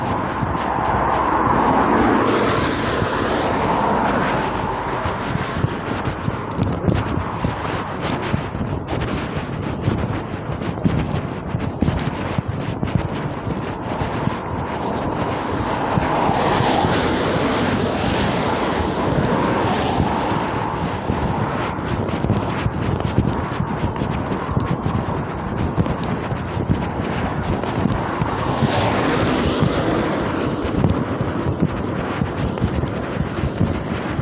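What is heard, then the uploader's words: Outdoor ambience from a walk on a wet morning, with a steady, dense rush that sounds like passing traffic or engine noise filling the whole clip. Swells of brighter hiss rise around the start, near 16 seconds and near 29 seconds, like vehicles going by on wet road. Shorty's regular weekly shopping trip starts with a long walk out on a grey and wet Saturday morning.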